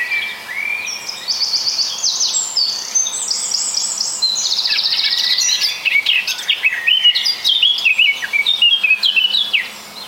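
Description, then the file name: Bird song: dense, continuous high chattering and twittering, almost without pause throughout, over a faint background hiss. "voegel"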